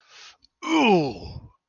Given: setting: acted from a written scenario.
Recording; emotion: vocal sound without words; triumph